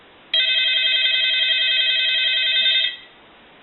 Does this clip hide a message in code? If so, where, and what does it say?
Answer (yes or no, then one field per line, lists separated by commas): no